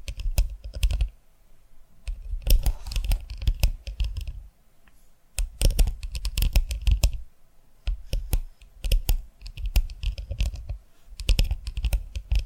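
Quick, crisp tapping comes in dense bursts, each a flurry of sharp clicks with a soft low thump beneath. The bursts start around 0, 2.5, 5.5, 8.5 and 11 seconds, separated by short near-silent pauses. The tapping sounds much like fingers rattling across a keyboard.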